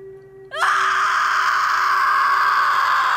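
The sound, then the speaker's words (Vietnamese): A woman lets out a loud, sustained high-pitched scream that erupts suddenly after a faint steady hum and holds at full strength without pause. “Tôi hét ầm lên.”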